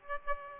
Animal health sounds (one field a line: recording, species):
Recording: mosquito wingbeat signal from an infrared sensor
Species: Aedes aegypti